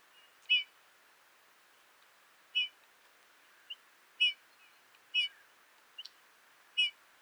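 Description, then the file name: Eurasian bullfinch calls: brief, bright downslurred notes given singly at uneven gaps of one to two seconds, with a couple of faint softer notes between; otherwise quiet. "Pyrrhula pyrrhula"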